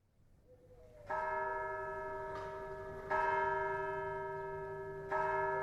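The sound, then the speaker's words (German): A large bell in the bell tower of Dieulefit tolls with slow, evenly spaced strikes, three loud clangs about two seconds apart, each leaving a rich, ringing hum that fades gradually into the next. No voices are heard. “Die Zeit vergeht, verbringen Sie gut, steht auf Provenzalisch unter der Sonnenuhr auf dem Glockenturm von Dieu le Fils.”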